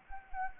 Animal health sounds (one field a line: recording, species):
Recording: mosquito wingbeat signal from an infrared sensor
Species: Anopheles gambiae